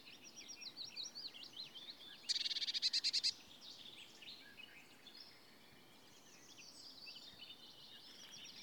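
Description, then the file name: Eurasian blue tit call, one rapid buzzy rattle of close pulses amid much high twittering. "Cyanistes caeruleus"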